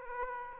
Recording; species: mosquito wingbeat signal from an infrared sensor; Aedes aegypti